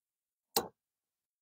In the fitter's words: I heard a clicking sound to let me know that the latch actually attached